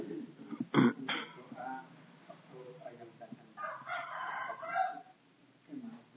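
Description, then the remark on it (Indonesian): A rooster crows once in a harsh, drawn-out call that rises and holds for about a second, following a sharp thump and some quieter murmuring sounds. “Jadi barakallahu fikum, ini diantara faedah ayam jantan.”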